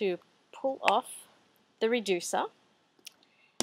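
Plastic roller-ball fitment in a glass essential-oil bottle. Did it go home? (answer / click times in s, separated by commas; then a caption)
yes / 3.6 s. Someone talks while a plastic roller-ball fitment is pressed into the neck of a glass essential-oil bottle, followed by a couple of faint ticks. A sharp pop at 3.6 s marks the fitment seating in the bottle.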